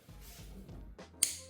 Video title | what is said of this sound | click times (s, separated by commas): 2014-2025 FORD EXPEDITION ACTIVE (3.5L D35) - Air Intake Temperature Sensor | Go ahead and slide it in place. Listen for the click. | 1.2 s